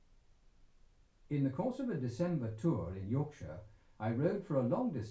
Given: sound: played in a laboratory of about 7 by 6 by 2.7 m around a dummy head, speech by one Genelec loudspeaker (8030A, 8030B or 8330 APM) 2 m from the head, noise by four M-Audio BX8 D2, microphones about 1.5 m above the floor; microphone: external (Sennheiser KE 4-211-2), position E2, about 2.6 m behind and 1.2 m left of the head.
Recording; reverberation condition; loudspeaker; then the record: male speech in English; low; behind (180 degrees)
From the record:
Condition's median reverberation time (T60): about 310 ms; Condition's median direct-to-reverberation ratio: about 3.5 dB